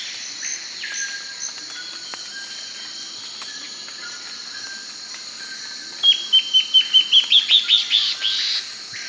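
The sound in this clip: Bird gives a fast series of clipped chirps near the end, over a steady high hum.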